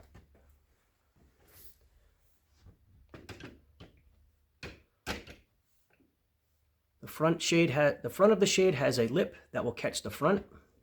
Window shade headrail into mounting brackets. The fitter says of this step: Once you have your brackets mounted evenly across the window, go ahead and snap the shade into the brackets.